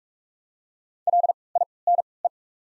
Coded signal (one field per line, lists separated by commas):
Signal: Morse code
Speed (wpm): 41 wpm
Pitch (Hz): 700 Hz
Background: none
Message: L I N E